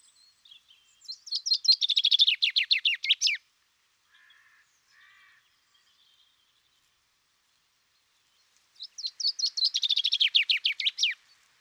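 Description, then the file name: Common chaffinch song: a rapid cascading run of bright notes, given twice about eight seconds apart, with faint soft calls in between. "Fringilla coelebs"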